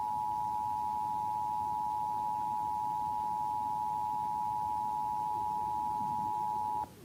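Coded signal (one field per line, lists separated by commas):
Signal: Emergency Alert System (SAME) tones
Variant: 853 and 960 Hz attention tone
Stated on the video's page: Severe thunderstorm warning from the Norman (OUN) office.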